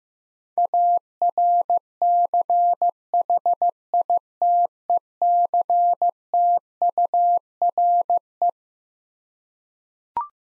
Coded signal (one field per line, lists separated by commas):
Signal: Morse code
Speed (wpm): 16 wpm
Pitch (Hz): 700 Hz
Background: none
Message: ARCHITECTURE